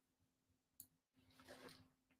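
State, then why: Seated. A glass seed bead is pulled into a brick-stitch row for an earring, with the second stitch going through the same thread bridge and drawing the bead tight against its neighbour. Over a faint steady hum, it gives one short, sharp snap at 0.8 s as it seats, followed by a longer stretch of soft rustling and a faint tick near the end.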